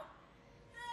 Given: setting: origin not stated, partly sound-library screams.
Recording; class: one-second piece from a danger detection set; woman in danger